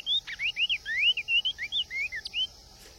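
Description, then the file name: Cinnamon tanager song: a brisk phrase of many short slurred whistles, some rising and some falling, delivered over roughly two and a half seconds. "Canto do bico de veludo"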